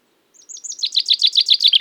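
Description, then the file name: Common chaffinch song fragment: thin high notes that quicken into a rapid, repeated trill, slowly stepping lower in pitch, cut off before the phrase ends. "Fringilla coelebs"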